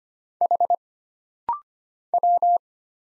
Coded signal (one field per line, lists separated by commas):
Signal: Morse code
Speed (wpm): 25 wpm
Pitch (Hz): 700 Hz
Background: none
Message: H W